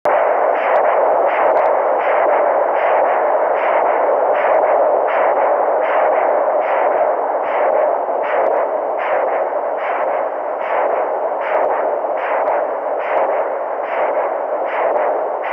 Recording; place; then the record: Doppler ultrasound of blood flow; carotid artery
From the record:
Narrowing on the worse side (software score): occlusion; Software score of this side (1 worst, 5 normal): 1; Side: left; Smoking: current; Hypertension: yes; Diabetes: type 2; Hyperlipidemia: yes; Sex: male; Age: 21 years